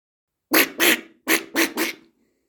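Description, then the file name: Peafowl giving five harsh, nasal honks in quick succession, two then three, each broad and brassy, followed by silence. "Pfau"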